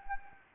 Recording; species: mosquito wingbeat signal from an infrared sensor; Anopheles gambiae